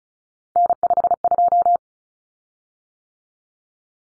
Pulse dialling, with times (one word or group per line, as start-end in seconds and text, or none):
none